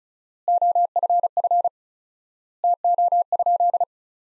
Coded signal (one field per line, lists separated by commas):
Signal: Morse code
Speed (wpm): 34 wpm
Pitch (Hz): 700 Hz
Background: none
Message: OFF TO?